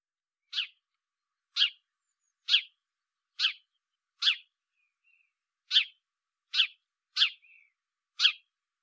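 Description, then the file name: House sparrow call, a steady series of nine clipped chirps roughly one per second, with a faint soft note between some of them and nothing else heard. "Passer domesticus"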